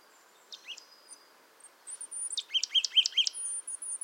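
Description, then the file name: Marsh tit calls: a few thin high notes, then a quick burst of about six descending chip notes. "Poecile palustris"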